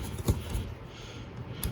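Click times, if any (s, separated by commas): none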